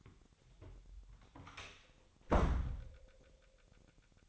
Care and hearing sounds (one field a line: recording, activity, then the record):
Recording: daily activity, microphone in the room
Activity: close door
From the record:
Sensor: 3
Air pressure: 1007.2 hPa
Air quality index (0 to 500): 202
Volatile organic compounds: 17 ppm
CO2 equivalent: 2585 ppm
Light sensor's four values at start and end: 12/29/12/12 and 12/28/12/12